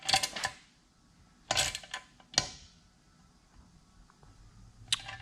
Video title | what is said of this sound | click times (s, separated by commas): Late Model Would Not Start!! Idler Gear Repair! | There's the click, y'all heard it? That means it is torqued to spec. | 4.9 s